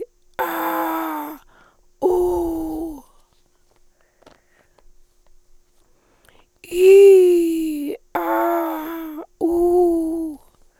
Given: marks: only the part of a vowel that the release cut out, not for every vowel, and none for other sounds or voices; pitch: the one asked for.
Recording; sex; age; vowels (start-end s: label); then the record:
sustained vowels; female; 70 to 79 years
0.48-1.18 s: vowel /a/, low pitch
2.12-2.74 s: vowel /u/, low pitch
6.82-7.71 s: vowel /i/, low-high-low pitch
8.25-8.98 s: vowel /a/, low-high-low pitch
9.49-10.21 s: vowel /u/, low-high-low pitch
From the record:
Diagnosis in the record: Reinke's edema, hyperfunctional dysphonia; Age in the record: 73 years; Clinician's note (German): Zustand nach Abtragung